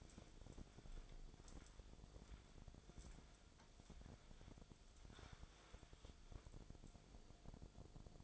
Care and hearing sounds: daily activity, microphone in the room; wipe stove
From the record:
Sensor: 5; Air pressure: 1000.6 hPa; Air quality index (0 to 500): 152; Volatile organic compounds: 2 ppm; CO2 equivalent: 1166 ppm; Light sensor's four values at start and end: 49/102/47/53 and 48/102/47/53

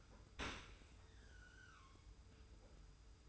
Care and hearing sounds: daily activity, microphone in the room; open dishwasher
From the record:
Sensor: 2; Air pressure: 991.2 hPa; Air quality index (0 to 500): 144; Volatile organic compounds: 317 ppm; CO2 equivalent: 4518 ppm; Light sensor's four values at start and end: 41/118/47/45 and 41/118/47/45

